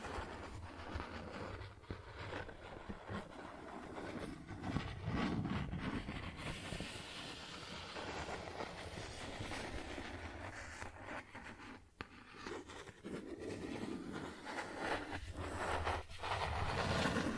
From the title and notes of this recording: Cardboard Scratching, Tracing, Tearing.